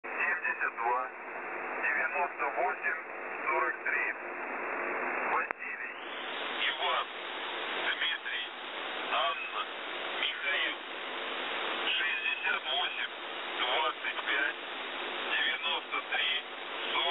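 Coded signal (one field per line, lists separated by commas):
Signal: numbers station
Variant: UVB-76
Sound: faint voice speaking through heavy radio hiss, in short phrases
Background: radio static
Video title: Partial Buzzer Message, 1540z, 4625 kHz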